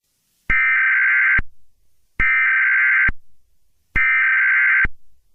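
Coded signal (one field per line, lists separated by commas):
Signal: Emergency Alert System (SAME) tones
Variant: header bursts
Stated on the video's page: Fictional EAS scenario.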